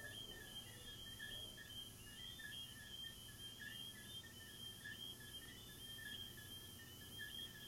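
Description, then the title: Crickets giving rapid pulsed chirps in a steady high band, with a softer lower chirping layer beneath and a low steady hum throughout. Crickets recorded in the recordist's garden. "Asmr crickets"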